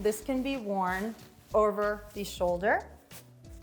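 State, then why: Not seated. Someone talks while an apron strap is brought over the shoulder for its snap fastener to be pressed closed. Faint, short handling sounds follow near the end, from about 3.1 s. The snap has not clicked into place yet.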